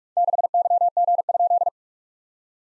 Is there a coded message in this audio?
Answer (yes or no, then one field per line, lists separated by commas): yes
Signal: Morse code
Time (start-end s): 0.2-1.7 s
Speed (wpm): 46 wpm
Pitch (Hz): 700 Hz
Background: none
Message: 6YG?